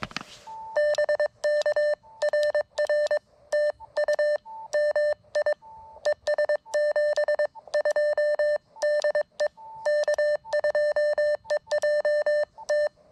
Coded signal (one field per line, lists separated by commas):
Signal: Morse code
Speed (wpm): 22 wpm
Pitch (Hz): 600 Hz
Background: none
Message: BK RR TU MI ES 72 DE K2EJT